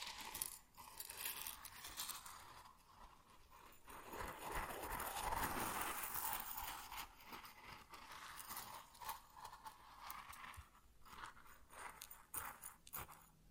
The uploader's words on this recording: ASMR Grain Sounds (No Talking).